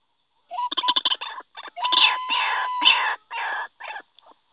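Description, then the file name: White-breasted waterhen calling: a quick run of clicking clucks, then long, loud, harsh rasping croaks in drawn-out bursts, ending in a few short notes. Call recording used as a lure (pikat). "suara ruak ruak pikat. omkicau"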